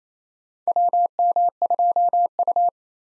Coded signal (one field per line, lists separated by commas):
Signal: Morse code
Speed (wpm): 27 wpm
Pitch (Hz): 700 Hz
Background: none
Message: WM2U